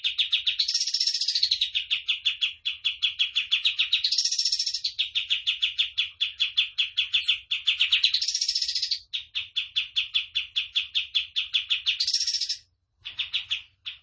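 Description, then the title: Tembakan bird singing a long, fast run of sharp repeated chips, broken every few seconds by a higher, shrill burst, then brief stutters at the end. Tutor song for training caged birds; a lively, continuously singing (gacor) Tembakan bird. "Masteran Burung Tembakan Gacor"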